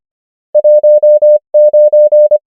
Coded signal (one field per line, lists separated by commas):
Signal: Morse code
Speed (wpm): 25 wpm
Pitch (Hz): 600 Hz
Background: none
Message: 1 9